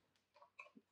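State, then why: Seated. A plastic dust-extraction connector is pushed onto the rear of a Mafell P1cc jigsaw and snaps into place with a sharp click at 0.6 s. Softer handling taps come before it near 0.4 s, and a low knock follows near 0.8 s. The connector is seated on the jigsaw body.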